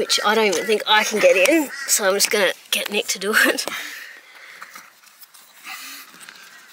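An Anderson power plug is lined up with its mating Anderson connector and handled before being pushed home. Someone talks for the first four seconds, then faint handling noises follow, with brief sharp sounds near 4.6 s and 6.3 s. The plug has not seated or clicked yet.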